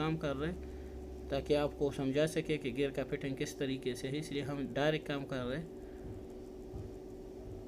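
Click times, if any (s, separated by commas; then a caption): none. A metal retaining lock ring is handled and lined up on the clutch assembly of a 2012–2020 Nissan Sunny automatic transmission during a rebuild, before being pressed into place. A man talks over faint metallic handling sounds and a low steady hum. The lock ring has not seated or clicked yet.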